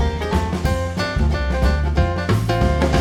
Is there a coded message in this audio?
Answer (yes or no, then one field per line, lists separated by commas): no